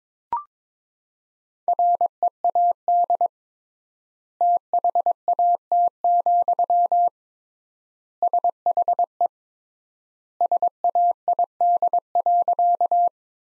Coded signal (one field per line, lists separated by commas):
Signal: Morse code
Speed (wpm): 22 wpm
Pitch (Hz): 700 Hz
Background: none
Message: READ THAT, SHE SAID.